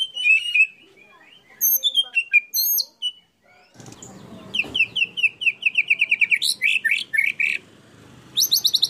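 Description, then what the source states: Canary song: scattered high sweeping notes, a short gap, then a quick series of repeated chirps and trills. Long-duration canary song, used as a complete bird master (tutor) song.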